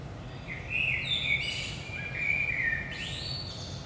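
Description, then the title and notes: Common blackbird song, two rich fluted phrases in a row, the second rising into a brief high twitter, low steady rumble beneath. Recorded in Saint-Gilles, Belgium, at 5 am in the early morning; DPA 4060 microphones in AB position into a Zoom F3 recorder. "Saint-Gilles, Belgique - 5am Blackbird. Blackbird in the morning. Merle au petit matin"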